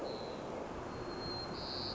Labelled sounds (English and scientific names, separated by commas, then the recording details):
White-crowned Sparrow (Zonotrichia leucophrys)
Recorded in Sonoma County, California